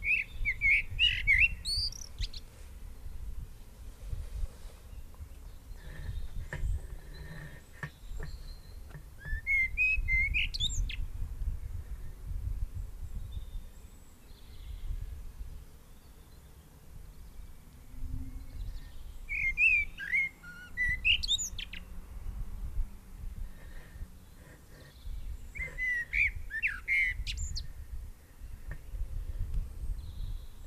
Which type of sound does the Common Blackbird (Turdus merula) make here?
song